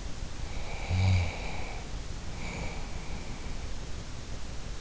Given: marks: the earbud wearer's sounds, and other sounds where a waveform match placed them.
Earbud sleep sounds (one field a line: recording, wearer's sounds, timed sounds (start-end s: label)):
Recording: sounds in sleep by an in-ear microphone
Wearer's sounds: snoring breath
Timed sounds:
0.42-3.50 s: snoring breath